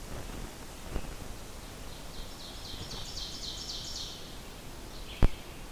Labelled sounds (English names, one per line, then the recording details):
Ovenbird song
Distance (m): 65 m
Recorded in boreal forest in Alberta, Canada, on 14 June 2016 at 07:33
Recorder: SongMeter 3, array SBT-3-33
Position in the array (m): 100 m, 139 m
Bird 21